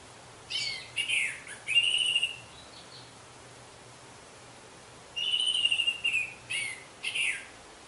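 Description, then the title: Orange-headed thrush song in two bursts of varied phrases, including clear slurred whistles, separated by about three seconds of quiet. "Anis Merah"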